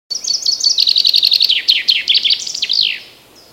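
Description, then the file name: Common chaffinch song: a rapid series of bright chipping notes in descending phrases, ending in a sharp flourish, lasting about three seconds. "Fringilla coelebs"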